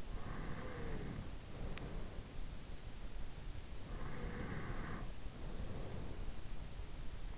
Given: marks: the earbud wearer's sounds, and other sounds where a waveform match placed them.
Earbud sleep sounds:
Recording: sounds in sleep by an in-ear microphone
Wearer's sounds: breath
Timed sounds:
0.00-2.40 s: breath
3.94-6.70 s: breath

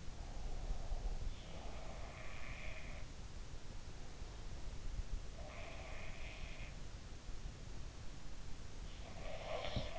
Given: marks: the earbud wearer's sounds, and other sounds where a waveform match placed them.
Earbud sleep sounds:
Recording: sounds in sleep by an in-ear microphone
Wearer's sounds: breath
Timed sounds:
0.00-2.27 s: breath
2.07-3.30 s: sound from someone else or the room
5.35-6.60 s: sound from someone else or the room
8.86-9.99 s: sound from someone else or the room

